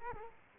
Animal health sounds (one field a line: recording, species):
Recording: mosquito wingbeat signal from an infrared sensor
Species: Culex quinquefasciatus